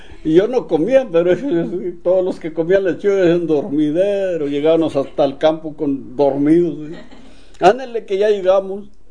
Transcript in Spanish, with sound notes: Y yo no comía, pero todos los que comían lechuga era un dormidero, llegábanos (risas) hasta el campo con… dormidos. “¡Ándele que ya llegamos!”.